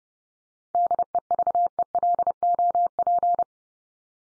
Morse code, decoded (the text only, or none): DEVELOP